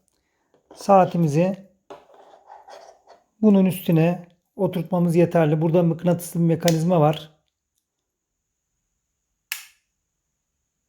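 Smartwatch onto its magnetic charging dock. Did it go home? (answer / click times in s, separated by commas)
yes / 9.5 s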